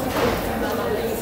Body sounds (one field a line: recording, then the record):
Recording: background sound without coughing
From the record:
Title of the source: 40 min - Ambience sounds UNIVERSITY lunchroom chatting